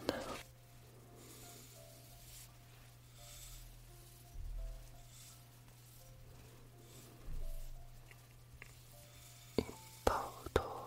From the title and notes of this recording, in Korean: ASMR 포근 포근 카메라 브러슁 모음 D.